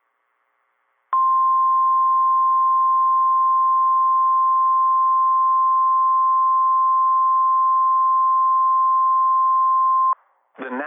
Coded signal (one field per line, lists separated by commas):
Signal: Emergency Alert System (SAME) tones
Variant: 1050 Hz attention tone